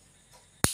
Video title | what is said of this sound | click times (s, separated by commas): Ear gun\Gun shot painless ear piercing/Eae piercin in parlour | টান দিলে একটা কট করে আওয়াজ হলো, এটাতে সেটিং হয়ে গেল। | 0.6 s